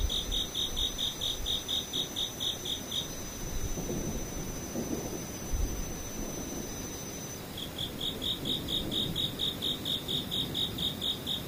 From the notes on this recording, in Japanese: 雨ムシセミ無音